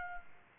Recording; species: mosquito wingbeat signal from an infrared sensor; Culex quinquefasciatus